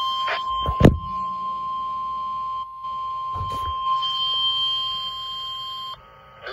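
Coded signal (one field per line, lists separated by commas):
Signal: Emergency Alert System (SAME) tones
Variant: 1050 Hz attention tone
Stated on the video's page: Real Required Weekly Test on NOAA weather radio station KEC56.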